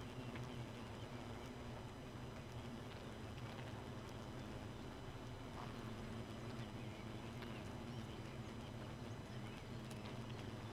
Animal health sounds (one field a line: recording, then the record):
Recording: honeybee colony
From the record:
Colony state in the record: missing queen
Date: 31 May 2018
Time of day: 2:54